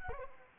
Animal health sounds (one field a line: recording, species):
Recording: mosquito wingbeat signal from an infrared sensor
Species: Anopheles arabiensis